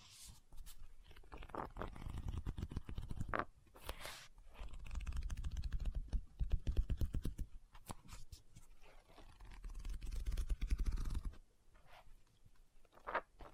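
Book tapping and scratching come in dense, irregular bursts of quick low knocks and rasping scrapes, with brief papery swishes near four and eleven seconds.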